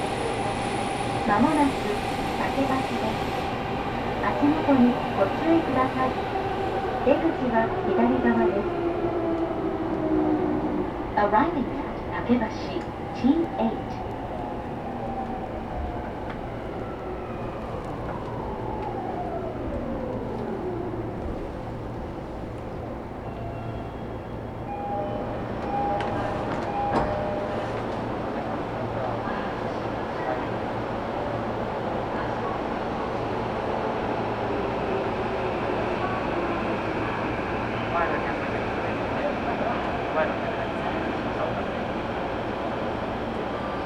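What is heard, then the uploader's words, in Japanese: A Tokyo Metro train runs from Iidabashi toward Nishi-Funabashi, with a constant low rumble underneath. Motor whines glide up and down, one sweeping downward around twenty seconds, while sharp rattles and clacks cluster in the first fifteen seconds before the ride settles into a steadier drone. 東京メトロ 飯田橋→西船橋。津田沼行きの快速に乗車していますので、車両はＪＲの車両です。通勤時間帯なのでかなり混雑してきましたが。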